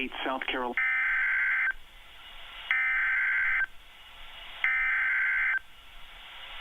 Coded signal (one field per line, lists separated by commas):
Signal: Emergency Alert System (SAME) tones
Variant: header bursts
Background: speech